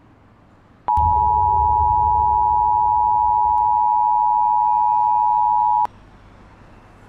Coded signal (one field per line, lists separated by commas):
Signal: Emergency Alert System (SAME) tones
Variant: 853 and 960 Hz attention tone